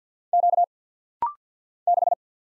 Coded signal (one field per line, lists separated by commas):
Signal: Morse code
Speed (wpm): 48 wpm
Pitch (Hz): 700 Hz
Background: none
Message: Q 6